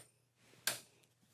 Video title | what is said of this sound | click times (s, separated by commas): CNA Live Class 6 – Transfers, Feeding, Intake & Output & Peri-Care (May 13, 2026) 🦽🍽️ | Make sure it locks into place | 0.7 s